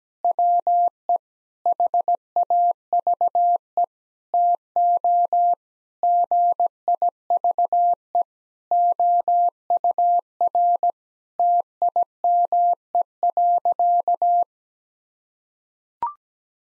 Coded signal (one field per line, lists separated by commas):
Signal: Morse code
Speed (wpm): 17 wpm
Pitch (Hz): 700 Hz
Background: none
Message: WE HAVE TO GIVE OUR TIME.